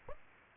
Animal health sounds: mosquito wingbeat signal from an infrared sensor; Aedes aegypti

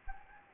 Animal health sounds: mosquito wingbeat signal from an infrared sensor; Anopheles gambiae

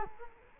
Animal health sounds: mosquito wingbeat signal from an infrared sensor; Culex quinquefasciatus

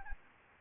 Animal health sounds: mosquito wingbeat signal from an infrared sensor; Anopheles gambiae

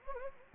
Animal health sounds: mosquito wingbeat signal from an infrared sensor; Anopheles gambiae

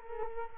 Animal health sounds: mosquito wingbeat signal from an infrared sensor; Culex quinquefasciatus

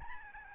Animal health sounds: mosquito wingbeat signal from an infrared sensor; Aedes albopictus

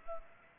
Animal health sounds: mosquito wingbeat signal from an infrared sensor; Culex pipiens

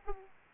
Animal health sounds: mosquito wingbeat signal from an infrared sensor; Aedes aegypti

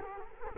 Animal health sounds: mosquito wingbeat signal from an infrared sensor; Culex quinquefasciatus

